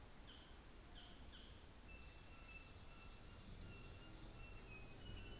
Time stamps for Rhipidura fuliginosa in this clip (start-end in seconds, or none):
none